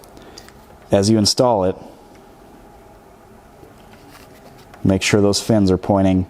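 A finned terminal pin is handled for insertion into a harness connector, fins facing right and held vertically to match the instructions' pinout, during an NSV hood light bar install on a Toyota Tundra. Someone talks in two bursts over a low steady background hum, with a few faint ticks near the start. Nothing has seated or clicked yet.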